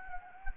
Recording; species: mosquito wingbeat signal from an infrared sensor; Anopheles gambiae